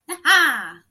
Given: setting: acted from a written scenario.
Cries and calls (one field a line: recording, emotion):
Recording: vocal sound without words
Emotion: triumph